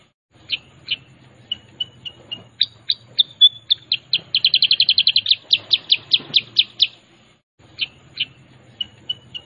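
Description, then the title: Sooty-headed bulbul song with spaced chirps and slurred whistles leading into a fast rattling series of bright notes, then louder slower notes, a pause and closing chirps. Lure song meant to make other bulbuls answer at once. "Masteran Kutilang Sutra. Pancingan Kutilang Sutra bikin kutilang lain langsung nyahut"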